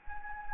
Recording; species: mosquito wingbeat signal from an infrared sensor; Anopheles gambiae